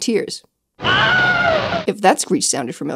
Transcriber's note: Wilhelm Scream sound